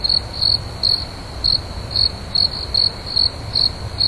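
Cricket chirps, bright and high, each a brief trilled burst, recurring roughly every half second with a soft low hum underneath.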